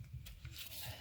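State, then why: Not seated. The other end of a fuel line's connector is being handled at the port of an AirDog 4G 165 lift pump, part of a G&R sump kit install, as it is pushed toward the pump. Soft rubbing and scraping handling noise is heard, with a brief louder burst around 0.3 s. Nothing has snapped in or seated yet.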